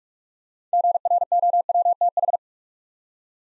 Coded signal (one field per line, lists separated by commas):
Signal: Morse code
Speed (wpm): 44 wpm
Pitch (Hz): 700 Hz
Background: none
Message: GROWTH